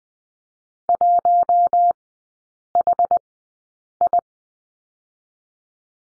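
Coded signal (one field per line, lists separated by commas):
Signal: Morse code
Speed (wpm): 20 wpm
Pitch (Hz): 700 Hz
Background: none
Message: 1HI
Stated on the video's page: Morse course lesson on the letter H in three-character groups at Farnsworth speed 20/10 wpm.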